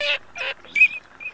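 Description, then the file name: Eurasian teal calling: short, sharp whistled notes in quick succession, one a clear ringing 'crick', followed by a fainter whistle. Decoy-calling sound chip, Russia. "Чирок-свистунок Alzavola"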